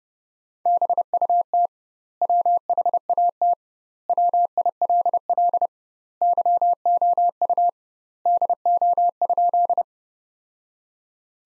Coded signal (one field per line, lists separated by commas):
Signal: Morse code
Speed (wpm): 31 wpm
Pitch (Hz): 700 Hz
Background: none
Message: BUT WHAT WILL YOU DO?